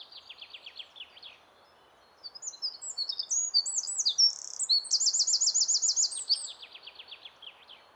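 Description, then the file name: Eurasian wren singing: a quick run of high ticking notes, a pause, then a loud, hurried cascade of shrill notes and a metallic trill, ending in another rapid ticking series. "Troglodytes troglodytes"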